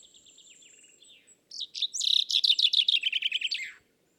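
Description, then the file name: Common chaffinch song: a few soft descending notes, then one loud run of sharp chirps dropping in pitch and ending in a quick flourish; thin high whistles beforehand. "Fringilla coelebs"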